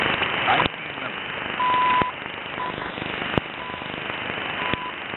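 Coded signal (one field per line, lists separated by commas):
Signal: radio time signal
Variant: CHU Canada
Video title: 2018-03-23 - 05:18:35 - 3330 kHz - Time Signal CHU Canada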